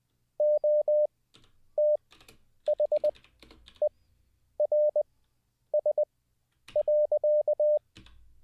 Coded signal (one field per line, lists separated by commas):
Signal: Morse code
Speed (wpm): 20 wpm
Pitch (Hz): 600 Hz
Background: none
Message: OTHERS.